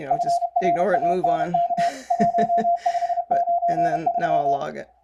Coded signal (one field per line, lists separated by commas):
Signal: Morse code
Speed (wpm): 30 wpm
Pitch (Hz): 690 Hz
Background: speech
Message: FRANK 1593